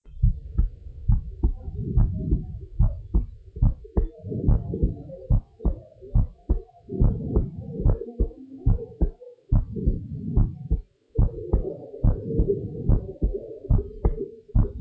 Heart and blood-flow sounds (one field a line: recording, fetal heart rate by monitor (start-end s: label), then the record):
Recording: heart sounds of a pregnant woman by stethoscope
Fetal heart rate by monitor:
no fetal heartbeat
From the record:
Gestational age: 40 weeks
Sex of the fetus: boy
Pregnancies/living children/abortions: 3/2/0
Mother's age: 33 years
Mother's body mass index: 35.0